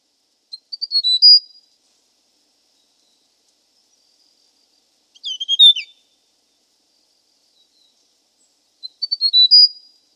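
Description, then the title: Hill prinia giving three high, stuttering chirp-and-whistle phrases, evenly spaced about four seconds apart in quiet surroundings. "prenjk gnung. Suara burung prenjak gunung"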